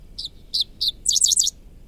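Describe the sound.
Dickcissel singing three crisp high chips, then a fast buzzy jumble of notes, ending abruptly.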